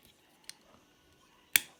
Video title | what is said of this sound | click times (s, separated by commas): Transform Mission Disorder {- Wildrider -} | And that locks in place there. | 1.6 s